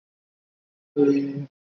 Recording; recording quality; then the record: sustained vowel as in made; poor, much background noise or distortion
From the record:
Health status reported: recovered from COVID-19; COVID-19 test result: negative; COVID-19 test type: RT-PCR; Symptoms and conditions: cough, cold, sore throat, fever, fatigue, muscle pain, loss of smell and taste, diarrhoea, asthma, diabetes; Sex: female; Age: 32 years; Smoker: no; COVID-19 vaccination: both doses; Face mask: worn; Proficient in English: yes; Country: India